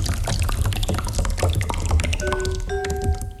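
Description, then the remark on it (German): Sauce spills and splatters onto a tablecloth in a steady run of wet, sputtering splashes, with a few sharper drips and a brief thin ringing tone near the end. No one speaks. “Sautrampel, Elendiger, die ganze Sauce. Wird nicht wieder vorkommen. Auf Tischtuch.”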